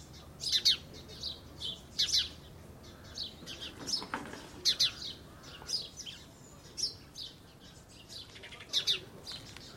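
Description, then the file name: House sparrow calls: a busy run of sharp chirps and doubled notes, spaced irregularly. "Passer domesticus"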